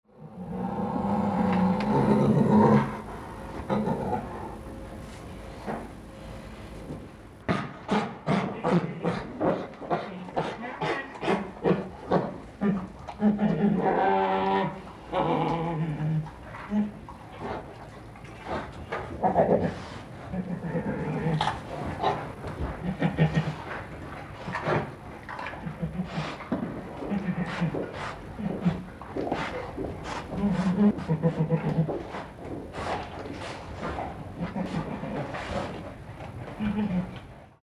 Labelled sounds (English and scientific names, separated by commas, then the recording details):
Sun Bear (Helarctos malayanus)
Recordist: Tembrock, Günter
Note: Futterrivalität erwachsener Bären